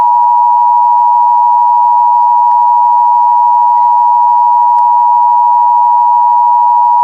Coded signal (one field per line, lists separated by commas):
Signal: Emergency Alert System (SAME) tones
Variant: 853 and 960 Hz attention tone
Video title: 4 Pennsylvania EAS Required Monthly Tests (10/18/18) (EAS #2-5)